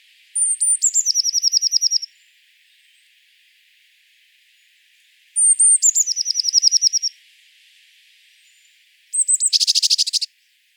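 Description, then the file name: Eurasian blue tit song: high thin opening notes then a rapid trill of downward-slurred notes, repeated three times a few seconds apart, the last phrase ending in a buzzier rattle. "Cyanistes caeruleus"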